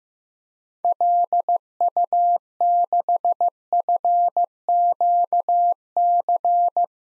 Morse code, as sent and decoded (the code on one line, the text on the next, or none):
.-.. ..- -.... ..-. --.- -.-.
LU6FQC